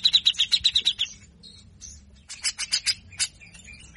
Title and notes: MASTERAN CUCAK JENGGOT GACOR FULL BESETAN KASAR. Masteran cucak Jenggot gacor Mbeset Ngepik. Burung cucak jenggot